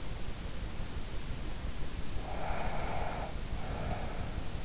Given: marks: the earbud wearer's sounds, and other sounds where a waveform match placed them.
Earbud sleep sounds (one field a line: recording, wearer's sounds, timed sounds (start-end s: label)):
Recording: sounds in sleep by an in-ear microphone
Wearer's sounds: breath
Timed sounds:
2.17-4.56 s: breath